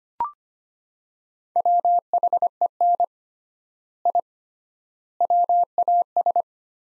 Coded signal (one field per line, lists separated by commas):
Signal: Morse code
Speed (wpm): 25 wpm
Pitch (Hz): 700 Hz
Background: none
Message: WHEN I WAS